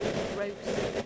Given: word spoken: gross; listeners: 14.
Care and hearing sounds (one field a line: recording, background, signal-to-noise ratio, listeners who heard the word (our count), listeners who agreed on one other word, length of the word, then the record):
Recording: one English word in noise, from a listening test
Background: noise modulated by three-talker babble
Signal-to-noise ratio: -4.7 dB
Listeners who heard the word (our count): 4 of 14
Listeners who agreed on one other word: 6 of 14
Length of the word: 0.66 s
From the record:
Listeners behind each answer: 6, 4, 2, 1, 1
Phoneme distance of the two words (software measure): 14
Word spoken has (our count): 1 syllable, 4 phonemes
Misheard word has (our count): 1 syllable, 4 phonemes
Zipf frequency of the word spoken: 4.04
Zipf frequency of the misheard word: 4.18